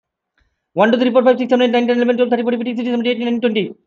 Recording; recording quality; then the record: counting at a fast pace; excellent, no background noise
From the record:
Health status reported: healthy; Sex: male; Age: 30 years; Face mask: not worn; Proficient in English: yes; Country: India